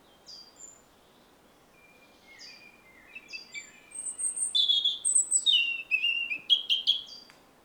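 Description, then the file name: European robin song of varied thin whistles and twittering notes, starting soft and sparse, then building into a louder, busier warbling phrase. "Erithacus rubecula"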